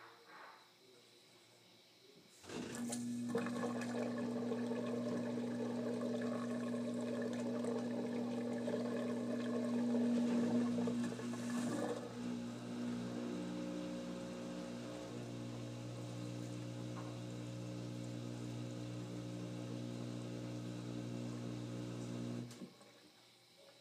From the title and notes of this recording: ASMR Washing Machine.